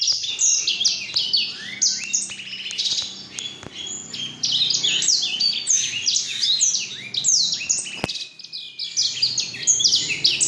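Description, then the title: Black-throated canary delivering rapid twittering song of sharp slurred notes, with occasional clicks and a brief sustained whistle near the end. Exceptional black-throated canary from Jombang. "Burung blackthroat Istimewa dari Jombang"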